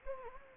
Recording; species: mosquito wingbeat signal from an infrared sensor; Anopheles gambiae